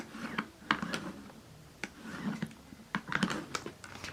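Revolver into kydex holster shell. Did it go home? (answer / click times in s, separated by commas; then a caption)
no / none. A Smith & Wesson J-Frame snub-nose revolver with an unfluted cylinder is slipped into a CrossBreed SuperTuck kydex and leather tuck holster, giving short scrapes and light knocks of gun against holster. Because the kydex is molded for a fluted cylinder, it stands away from the gun and the trigger guard area does not snap into retention. Nothing has seated or clicked yet.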